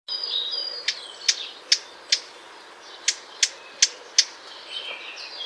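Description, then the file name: Eurasian blackcap calls: eight hard, dry ticking notes spaced irregularly, about two or three a second, with a faint warbling bird in the background. "Sylvia atricapilla"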